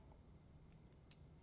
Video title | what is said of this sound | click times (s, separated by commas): High-End Fashion Finds Styled Into Chic Outfits - Amazon Prime Day Women's Fashion | just pop it open. | 1.1 s